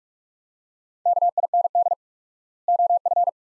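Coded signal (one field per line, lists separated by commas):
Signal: Morse code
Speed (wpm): 42 wpm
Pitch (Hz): 700 Hz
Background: none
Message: KIND OF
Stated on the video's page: Morse practice drill at 45 wpm, sets of two words with 4x word spacing, a Farnsworth-like method, each followed by spoken words.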